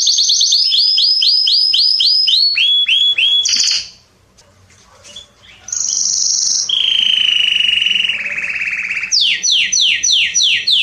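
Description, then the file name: Canary song with rapid repeated slurred notes, a brief pause near four seconds, then long steady whistled rolls and fast trills resuming. "Canary Voice"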